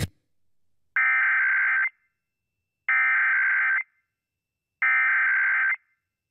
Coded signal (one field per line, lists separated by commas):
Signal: Emergency Alert System (SAME) tones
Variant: header bursts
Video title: PA RMT for January 2024 [EAS #1,240-1,246]